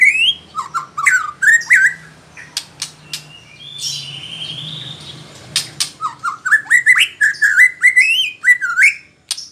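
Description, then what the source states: White-rumped shama singing stepped, rising whistled phrases, interrupted by harsh chattering notes and clicks, then another climbing run of fluty notes. Female.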